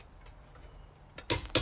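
A click-type torque wrench tightens the opposite lug nut on a Honda Pilot wheel, working in a star pattern during a tire rotation. After quiet low rumble and a faint tap around 1.2 s, sharp metallic clicks at 1.3 s and 1.6 s show the wrench has reached its torque setting.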